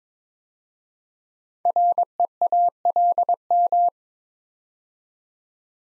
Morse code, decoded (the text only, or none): REALM